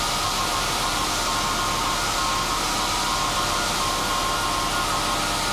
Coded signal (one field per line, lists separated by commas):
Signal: Morse code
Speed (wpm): 17 wpm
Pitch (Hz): 1070 Hz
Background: none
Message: SIGNED: